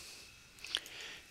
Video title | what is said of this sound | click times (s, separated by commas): 1968-1969 Pontiac Firebird Custom Seat Cover Installation | actually just wraps over and snaps into place there are no hog rings that hold to this bottom edge | 0.6 s, 0.8 s